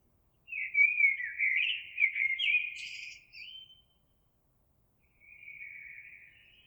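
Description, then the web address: Eurasian blackbird giving a full, rich warbling phrase with a high chattering flourish near its end, then a quieter, softer phrase begins. Recorded on 26 April 2022. "oiseaux Merle 2022 04 26"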